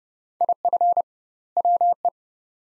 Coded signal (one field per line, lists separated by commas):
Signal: Morse code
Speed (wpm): 31 wpm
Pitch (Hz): 700 Hz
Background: none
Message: IF WE